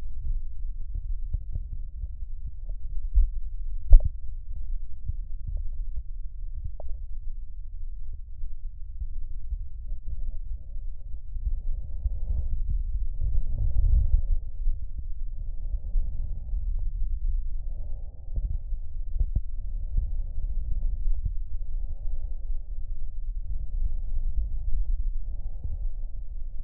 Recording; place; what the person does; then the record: lung sounds by stethoscope; right posterior basal chest; quiet breathing, then deep breathing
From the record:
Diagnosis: pulmonary infection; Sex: male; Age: 86 years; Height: 165 cm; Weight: 65 kg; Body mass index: 23.9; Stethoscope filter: extended mode